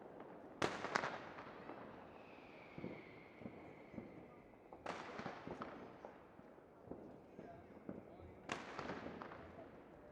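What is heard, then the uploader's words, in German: Fireworks burst close by, with sharp loud bangs near 0.6, 5 and 8.5 seconds, each followed by crackling and a rumbling tail. A whistling rocket rises between about 2.5 and 5 seconds, and scattered pops and bangs fill the gaps throughout. New Year's special, Firework in High fidelity. Right in the middle of the fireworks, in the finest quality. Feuerwerk in höchster Qualität.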